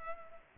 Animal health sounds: mosquito wingbeat signal from an infrared sensor; Culex pipiens

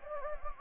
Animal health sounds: mosquito wingbeat signal from an infrared sensor; Anopheles gambiae

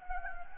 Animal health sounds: mosquito wingbeat signal from an infrared sensor; Anopheles gambiae

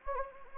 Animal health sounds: mosquito wingbeat signal from an infrared sensor; Anopheles gambiae

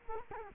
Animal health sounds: mosquito wingbeat signal from an infrared sensor; Culex quinquefasciatus

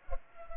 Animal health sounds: mosquito wingbeat signal from an infrared sensor; Culex pipiens

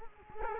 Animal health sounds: mosquito wingbeat signal from an infrared sensor; Culex quinquefasciatus

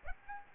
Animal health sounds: mosquito wingbeat signal from an infrared sensor; Aedes aegypti

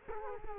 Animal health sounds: mosquito wingbeat signal from an infrared sensor; Culex quinquefasciatus

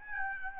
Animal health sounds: mosquito wingbeat signal from an infrared sensor; Aedes albopictus

